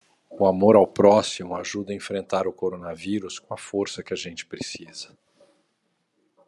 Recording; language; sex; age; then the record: spoken sentence; Brazilian Portuguese; male; 50 to 59 years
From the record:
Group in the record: control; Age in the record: 53 years